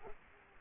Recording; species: mosquito wingbeat signal from an infrared sensor; Culex quinquefasciatus